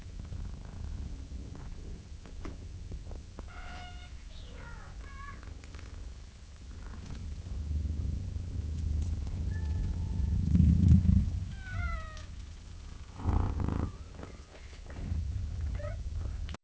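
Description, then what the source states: Cat making a few soft, brief meows spaced several seconds apart, with a low rumbling purr and quiet stretches between. Cat gently meowing and purring at long intervals.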